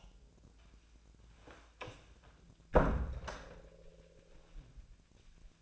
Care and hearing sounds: daily activity, microphone in the room; close door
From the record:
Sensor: 2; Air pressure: 1000.3 hPa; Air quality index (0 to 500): 158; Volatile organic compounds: 3 ppm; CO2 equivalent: 1318 ppm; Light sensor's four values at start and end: 10/25/10/11 and 10/24/10/11

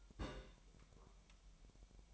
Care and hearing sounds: daily activity, microphone in the room; place on stove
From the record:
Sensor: 1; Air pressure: 1002.0 hPa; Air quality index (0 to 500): 245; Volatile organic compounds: 49 ppm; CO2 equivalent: 3288 ppm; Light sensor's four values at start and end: 5/12/5/6 and 5/12/5/6

